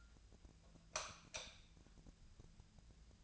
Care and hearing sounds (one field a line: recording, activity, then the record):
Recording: daily activity, microphone in the room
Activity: light off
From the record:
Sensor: 2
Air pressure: 999.9 hPa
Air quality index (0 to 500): 116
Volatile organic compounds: 2 ppm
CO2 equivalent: 1003 ppm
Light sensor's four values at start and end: 30/81/33/36 and 25/63/26/30